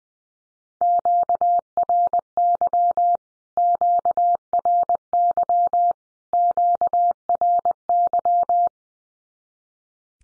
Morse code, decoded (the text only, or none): QRY QRY QRY